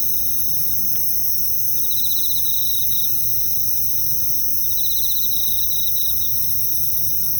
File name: Japan Kashiwa Town Night Bugs and Ambience